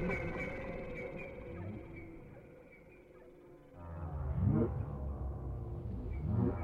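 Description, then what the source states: Whale song: faint tonal calls fading to near quiet, then loud rising whoops and low groans returning. Whale sounds without music.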